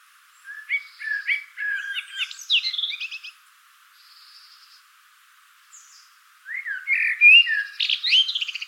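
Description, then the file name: Common blackbird song: two phrases, each opening with low fluted warbles and ending in squeaky, high twittering notes, separated by a pause of about three seconds. "Turdus merula"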